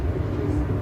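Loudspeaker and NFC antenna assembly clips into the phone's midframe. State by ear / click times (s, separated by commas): not seated / none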